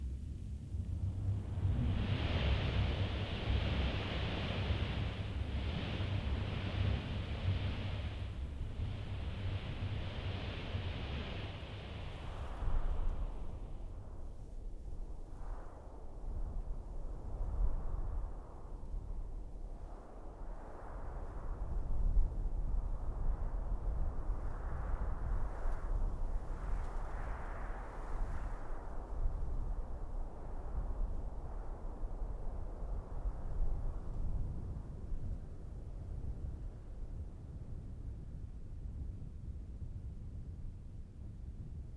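Desert soundscape in the dune sea: steady low wind rumble, a pulsing brighter hiss for the first twelve seconds, then softer swelling gusts.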